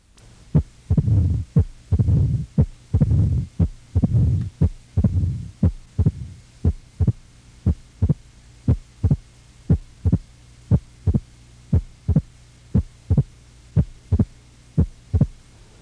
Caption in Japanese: 軽症の僧帽弁狭窄患者の心線部にベルを軽く当ててみましょう。 数拍動の後で今度は聴診器を強く押し付けてみます。拡張器雑音がどのようになるか注意して聞いてください。